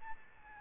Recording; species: mosquito wingbeat signal from an infrared sensor; Aedes albopictus